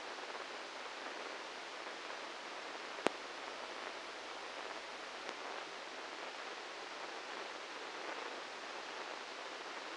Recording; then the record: brain microelectrode recording played as sound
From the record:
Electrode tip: outside the subthalamic nucleus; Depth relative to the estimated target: -5 mm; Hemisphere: right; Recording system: NeuroSet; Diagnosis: Parkinson's disease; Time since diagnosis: 8 years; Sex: male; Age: 58 years